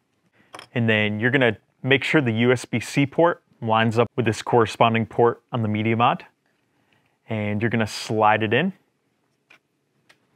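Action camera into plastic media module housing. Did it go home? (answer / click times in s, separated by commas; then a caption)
yes / 9.5 s, 10.1 s. Someone talks while a GoPro Hero 11 action camera, its USB-C port lined up with the connector in a plastic media module housing, is slid into the housing. Two short clicks at 9.5 s and 10.1 s mark the camera latching into place.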